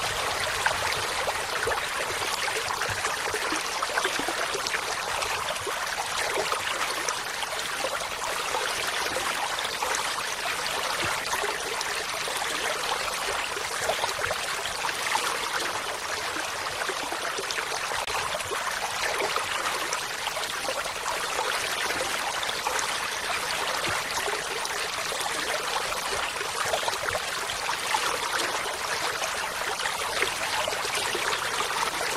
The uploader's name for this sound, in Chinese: 流水聲